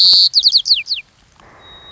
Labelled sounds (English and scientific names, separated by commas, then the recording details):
White-crowned Sparrow (Zonotrichia leucophrys)
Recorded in Sonoma County, California